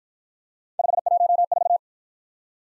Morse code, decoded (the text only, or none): 514